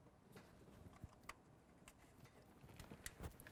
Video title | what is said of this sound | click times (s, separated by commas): How To Replace Oil Pressure Sensor 1997-2004 Dodge Dakota | hear it click and then put that lock tab on | 1.3 s, 3.1 s